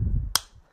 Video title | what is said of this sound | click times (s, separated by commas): TaylorMade R11 as Used By Darren Clarke | Just going to wait for the click. | 0.4 s